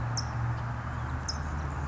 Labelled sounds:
California Towhee (Melozone crissalis)
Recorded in Sonoma County, California

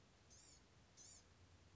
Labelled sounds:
Blue-gray Gnatcatcher (Polioptila caerulea)
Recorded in Sonoma County, California

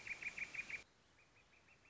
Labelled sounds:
Northern Flicker (Colaptes auratus)
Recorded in Sonoma County, California

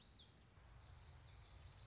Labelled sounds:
Common Yellowthroat (Geothlypis trichas)
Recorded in Sonoma County, California

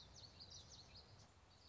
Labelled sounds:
Common Yellowthroat (Geothlypis trichas)
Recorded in Sonoma County, California

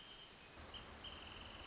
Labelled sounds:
Wrentit (Chamaea fasciata)
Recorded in Sonoma County, California

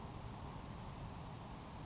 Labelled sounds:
Grasshopper Sparrow (Ammodramus savannarum)
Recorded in Sonoma County, California

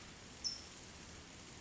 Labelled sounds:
California Towhee (Melozone crissalis)
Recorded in Sonoma County, California

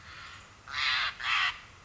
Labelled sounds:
Steller's Jay (Cyanocitta stelleri)
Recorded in Sonoma County, California

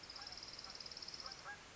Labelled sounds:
Orange-crowned Warbler (Leiothlypis celata)
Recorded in Sonoma County, California

